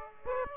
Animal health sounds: mosquito wingbeat signal from an infrared sensor; Aedes aegypti

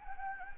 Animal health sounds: mosquito wingbeat signal from an infrared sensor; Anopheles gambiae

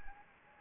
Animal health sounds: mosquito wingbeat signal from an infrared sensor; Anopheles gambiae

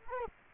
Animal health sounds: mosquito wingbeat signal from an infrared sensor; Culex quinquefasciatus

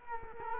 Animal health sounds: mosquito wingbeat signal from an infrared sensor; Culex quinquefasciatus

